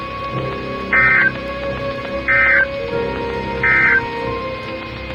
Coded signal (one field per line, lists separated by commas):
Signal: Emergency Alert System (SAME) tones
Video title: Ham on the Road: Smoky Mountain Road Trip, Part3 - TORNADO OUTBREAK! Goodbye and God Bless, Friends.